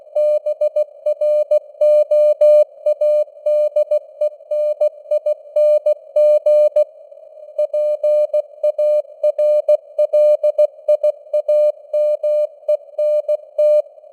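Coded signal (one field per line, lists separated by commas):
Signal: Morse code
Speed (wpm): 16 wpm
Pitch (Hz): 600 Hz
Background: none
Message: BROADENING PARLIAMENT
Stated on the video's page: Computer-generated Morse news headlines at 16 wpm, with simulated radio noise and varying signal strength (QSB).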